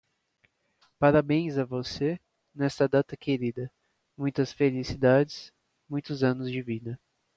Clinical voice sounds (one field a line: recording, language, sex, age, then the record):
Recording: short text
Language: Brazilian Portuguese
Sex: male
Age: 20 to 29 years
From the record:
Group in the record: control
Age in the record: 24 years